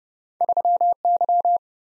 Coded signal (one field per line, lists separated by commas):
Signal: Morse code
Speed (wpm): 30 wpm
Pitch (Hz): 700 Hz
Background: none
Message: 3Y